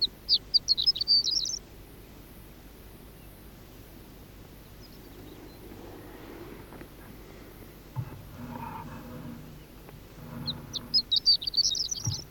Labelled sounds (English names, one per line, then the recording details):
Horned Lark
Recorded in the wild
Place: Wüste Gobi, MN
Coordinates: 42.795, 105.032
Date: 1979-06-01 05:45
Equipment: Nagra III BH, Sennheiser MD 21, parabola
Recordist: Schubert, Michael
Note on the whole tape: Ohrenlerche, Rufe und Bodengesang, sehr leise (~40m)